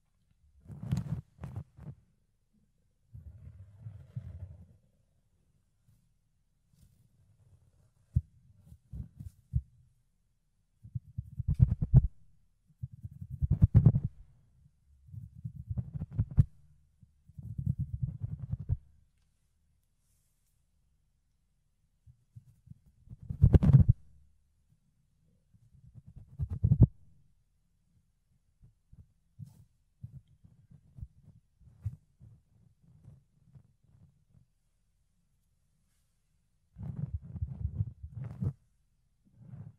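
Ear cleaning with something fluffy: low, muffled rubbing and thumping in bursts of a second or two, separated by near silence. A few sharp scratchy clicks stand out, around 1, 14, 24 and 38 seconds, and softer crackly brushing fills the stretch near 30 seconds.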